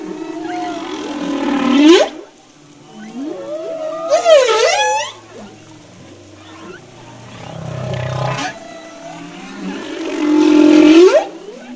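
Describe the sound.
Humpback whale song: long moaning tones, a sharply upswept wavering cry near the middle, then deep groans and a rising moan.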